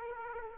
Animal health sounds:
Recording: mosquito wingbeat signal from an infrared sensor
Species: Aedes aegypti

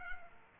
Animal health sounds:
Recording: mosquito wingbeat signal from an infrared sensor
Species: Aedes aegypti

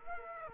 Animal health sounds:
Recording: mosquito wingbeat signal from an infrared sensor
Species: Aedes aegypti

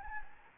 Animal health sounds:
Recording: mosquito wingbeat signal from an infrared sensor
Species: Anopheles gambiae

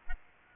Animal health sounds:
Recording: mosquito wingbeat signal from an infrared sensor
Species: Aedes albopictus

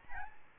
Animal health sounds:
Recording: mosquito wingbeat signal from an infrared sensor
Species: Aedes albopictus

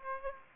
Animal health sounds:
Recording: mosquito wingbeat signal from an infrared sensor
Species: Aedes aegypti

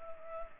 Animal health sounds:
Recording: mosquito wingbeat signal from an infrared sensor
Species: Culex pipiens

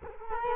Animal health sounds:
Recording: mosquito wingbeat signal from an infrared sensor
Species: Culex quinquefasciatus

